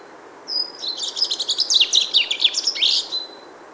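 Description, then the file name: Common chaffinch song: a rapid series of bright, high notes ending in a short flourish, about three seconds long. "Fringilla coelebs"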